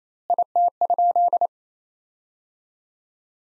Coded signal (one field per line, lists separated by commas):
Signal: Morse code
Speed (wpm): 28 wpm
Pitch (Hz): 700 Hz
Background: none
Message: IT?